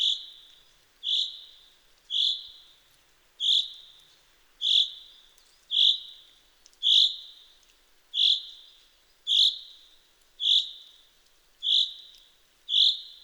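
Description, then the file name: Common chaffinch uttering a steady run of about a dozen high, clipped call notes, each trailing off, roughly one per second, with a calm background. "Fringilla coelebs"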